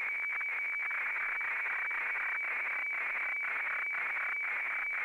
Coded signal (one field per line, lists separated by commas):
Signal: weather fax (radiofax)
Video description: Reception of an Australian Bureau of Meteorology broadcast of a weather FAX of high seas for Australian coastal areas from the VMW transmitter at Wiluna in Western Australia.